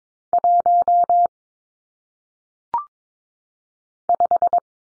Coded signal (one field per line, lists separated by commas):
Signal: Morse code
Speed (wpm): 22 wpm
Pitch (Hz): 700 Hz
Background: none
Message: 1 5